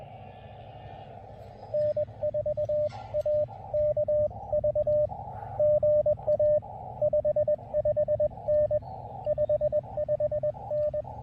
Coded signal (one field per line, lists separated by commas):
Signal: Morse code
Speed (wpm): 21 wpm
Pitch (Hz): 590 Hz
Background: radio noise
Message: N4AKV GA 55N 55N